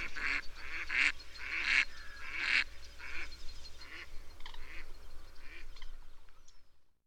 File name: Digiffects Sound Effects Library - Mallard Duck